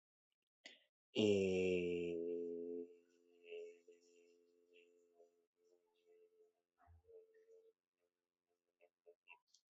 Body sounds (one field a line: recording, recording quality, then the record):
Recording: sustained vowel as in made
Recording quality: excellent, no background noise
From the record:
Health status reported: healthy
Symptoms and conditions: none ticked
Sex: male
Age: 28 years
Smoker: not ticked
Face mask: not worn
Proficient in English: yes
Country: India